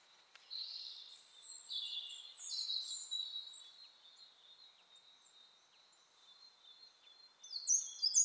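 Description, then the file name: Eurasian wren: small songbird giving fainter, high, thin notes and a long drawn tone, with a brisk burst of sharp notes at the close. "Troglodytes troglodytes"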